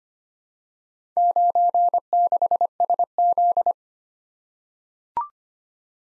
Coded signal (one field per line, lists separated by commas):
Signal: Morse code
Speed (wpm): 25 wpm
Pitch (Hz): 700 Hz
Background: none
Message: 96SZ